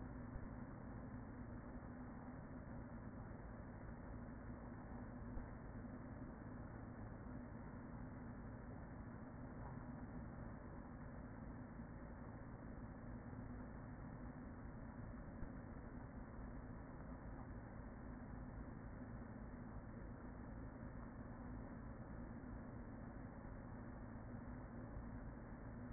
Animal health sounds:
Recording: honeybee colony, microphone inside the hive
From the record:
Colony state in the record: queen present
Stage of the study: after two queens were removed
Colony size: about 40,000 bees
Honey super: no

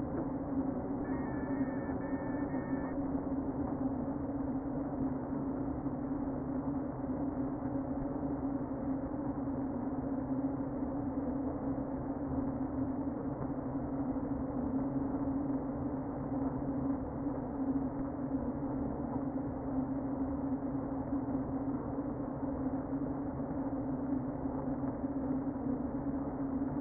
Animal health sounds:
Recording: honeybee colony, microphone inside the hive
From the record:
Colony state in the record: queen present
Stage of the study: before two queens were removed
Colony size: about 60,000 bees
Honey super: yes

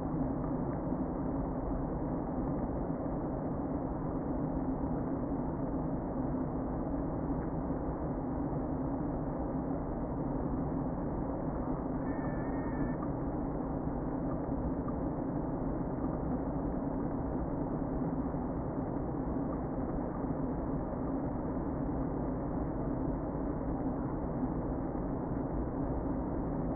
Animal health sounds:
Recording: honeybee colony, microphone inside the hive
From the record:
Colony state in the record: queen present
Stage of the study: before two queens were removed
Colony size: about 60,000 bees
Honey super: yes

